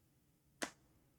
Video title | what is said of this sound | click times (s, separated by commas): Google Pixel 9 Pro XL - Thinborne | kind of snap into place and when you're dealing with mag safe that's what you want you want to hear that click | 0.6 s